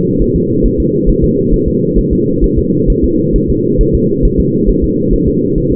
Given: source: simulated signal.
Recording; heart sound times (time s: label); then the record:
fetal heart sounds
0.22 s: S1
0.36 s: S2
0.66 s: S1
0.80 s: S2
1.09 s: S1
1.24 s: S2
1.54 s: S1
1.68 s: S2
1.99 s: S1
2.13 s: S2
2.44 s: S1
2.59 s: S2
2.90 s: S1
3.04 s: S2
3.36 s: S1
3.50 s: S2
3.81 s: S1
3.95 s: S2
4.25 s: S1
4.40 s: S2
4.69 s: S1
4.84 s: S2
5.14 s: S1
5.28 s: S2
5.58 s: S1
5.72 s: S2
From the record:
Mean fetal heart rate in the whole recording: 135 bpm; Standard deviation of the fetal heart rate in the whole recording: 3 bpm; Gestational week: 36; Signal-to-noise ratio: -11.2 dB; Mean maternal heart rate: 72 bpm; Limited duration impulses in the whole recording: present